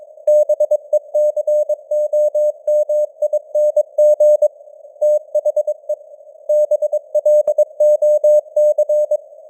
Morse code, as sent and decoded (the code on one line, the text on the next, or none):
-... . -.-. --- -- .. -. --. / - .... . / -... .-.. --- -.-.
BECOMING THE BLOC